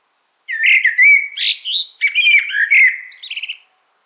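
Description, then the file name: Common blackbird song: one continuous run of warbled, fluty notes mixed with squeaky, twittering high notes, ending in rapid chattering; no other sounds. "Turdus merula"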